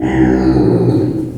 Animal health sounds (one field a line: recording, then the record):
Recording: squeal of a Yucatan mini pig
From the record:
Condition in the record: before surgery on the right vocal fold (resection and tissue-engineered implant)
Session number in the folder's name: 1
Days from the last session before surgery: -21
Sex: female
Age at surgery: 19 weeks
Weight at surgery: 25 kg